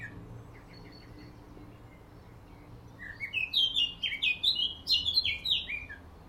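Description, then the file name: Eurasian blackcap song: quiet, scratchy twittering at first, then a loud, bright phrase of rapid fluty notes in its second half. "Sylvia atricapilla"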